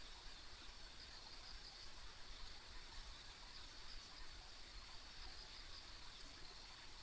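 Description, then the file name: Insects chorusing in a steady high shimmering drone over constant low rumbling background noise. Ambient insect sounds along a country road. "田舎道の虫の環境音"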